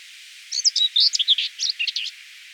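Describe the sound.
Common whitethroat song, one hurried and scratchy phrase of short varied notes lasting about one and a half seconds.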